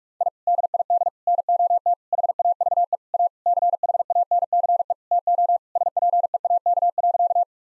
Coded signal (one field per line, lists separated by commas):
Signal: Morse code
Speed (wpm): 41 wpm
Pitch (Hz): 700 Hz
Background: none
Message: I DID NOT HAVE A CHANCE TO SPEAK.